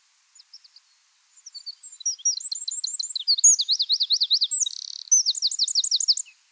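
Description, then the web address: Eurasian wren singing a few soft opening notes, then a rapid, shrill cascade of trills, a brief buzzing rattle and a last sweeping trill. "SETE Troglodytes troglodytes"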